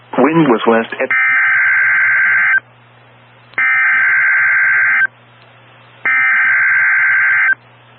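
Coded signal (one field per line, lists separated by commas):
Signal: Emergency Alert System (SAME) tones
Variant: header bursts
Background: speech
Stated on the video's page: Tornado drill aired on NOAA Weather Radio and a broadcast station.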